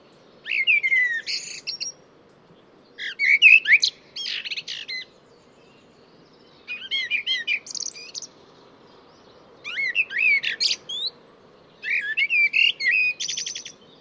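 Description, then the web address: Bird song given as five separate bursts of rapid chirps, trills and short whistles, with light background hum. "cianscape birddata Deverinetal 2025 Bird Only Tu Me Tu Me"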